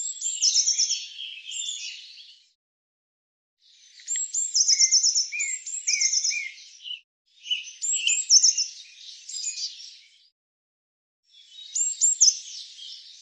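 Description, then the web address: Eurasian blue tit calling in four bursts of high, thin notes run into rapid trilled elements, separated by short pauses. Cleaned and normalized recording. "Deverinetal"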